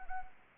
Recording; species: mosquito wingbeat signal from an infrared sensor; Anopheles arabiensis